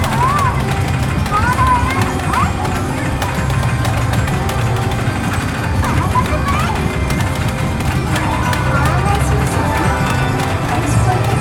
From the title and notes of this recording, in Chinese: 台北車站Y區地下街。